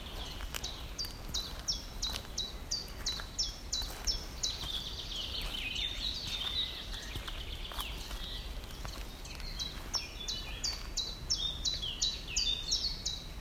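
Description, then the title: Birds singing in a woodland, a rapid series of short, high, downward-sweeping notes repeated steadily, with other chirps overlapping and a low steady background rumble. Birds heard in a small woodland in Poland by a person walking alone and quietly listening. "走在波兰某个小丛林里静静的聆听鸟儿们的叫声"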